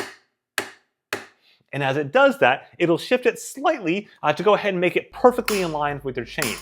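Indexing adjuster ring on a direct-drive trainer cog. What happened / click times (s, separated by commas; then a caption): A small adjuster ring clicks into detent positions / 0.6 s, 1.1 s. The small orange indexing piece on a Zwift Cog 2.0, the single-speed cog on a direct-drive trainer with 10 numbered indexing adjustments, is rotated and clicks into its detent positions at 0.6 s and 1.1 s, two sharp, short clicks. Each click shifts the cog slightly to line it up with the chain and make the system quieter. Someone then talks.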